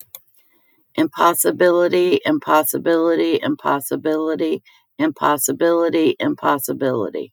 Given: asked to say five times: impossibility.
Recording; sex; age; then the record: repeated word; female; 50 to 59 years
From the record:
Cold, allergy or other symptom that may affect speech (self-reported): no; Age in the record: 53 years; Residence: United States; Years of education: 13